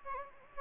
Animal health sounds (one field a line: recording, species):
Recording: mosquito wingbeat signal from an infrared sensor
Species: Anopheles gambiae